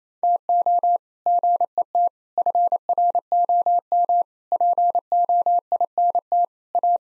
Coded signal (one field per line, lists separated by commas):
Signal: Morse code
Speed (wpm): 28 wpm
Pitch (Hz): 700 Hz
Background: none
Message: TO GET FROM POINT A